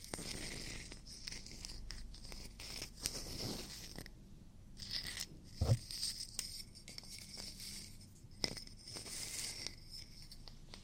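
Ear cleaning sounds: soft scratching, rustling and crinkling. The texture shifts in short bursts, with bright hissy scrapes and a few louder dull bumps around the middle, roughly at four and six seconds. A low hum runs steadily underneath throughout.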